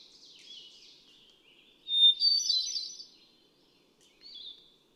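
Hermit thrush song: a steady pure whistle leads into a tumbling flurry of bright, fluty notes, with softer phrases before and after.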